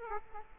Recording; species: mosquito wingbeat signal from an infrared sensor; Aedes aegypti